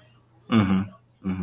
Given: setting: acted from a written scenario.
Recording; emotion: vocal sound without words; neutral